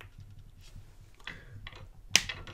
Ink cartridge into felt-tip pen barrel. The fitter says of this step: snaps in place and